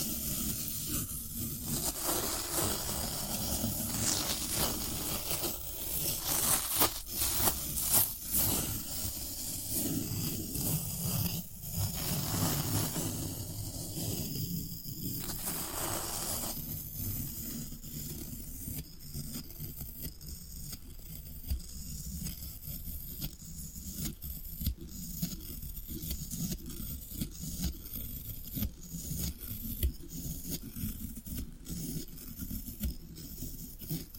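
Floral foam being worked, with dense scraping and crunching that fills the whole span. The first half is louder and busier, with sharp cracks and a few brief pauses near 11 and 15 seconds; later the rubbing settles into a steadier, quieter hiss with small ticks.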